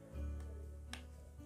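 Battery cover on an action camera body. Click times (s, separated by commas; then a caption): 0.9 s. The battery cover of an SJCAM 4000 WiFi action camera is pressed into place and locked after its 900 mAh battery is fitted with the pins lined up. A sharp click at 0.9 s is heard over steady background music, and the cover is confirmed locked.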